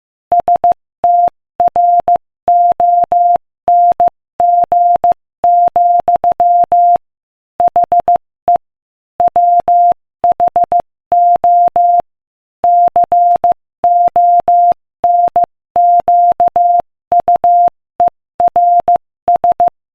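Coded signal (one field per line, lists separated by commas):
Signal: Morse code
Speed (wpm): 15 wpm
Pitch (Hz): 700 Hz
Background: none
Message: STRONG, HE WHO CONQUERS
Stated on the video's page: Morse code practice at 15 wpm, sending inspirational quotations.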